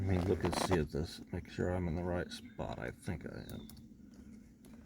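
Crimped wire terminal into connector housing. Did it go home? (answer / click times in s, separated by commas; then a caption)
no / none. A crimped female wire terminal is handled at the right cavity of a plastic connector housing during a rear window repair on a 1972 Lincoln Continental, while someone talks over it. A few faint ticks are heard near the end. Nothing has seated or clicked yet.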